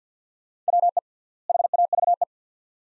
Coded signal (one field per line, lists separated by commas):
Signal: Morse code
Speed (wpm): 45 wpm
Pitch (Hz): 700 Hz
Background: none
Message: WE HAVE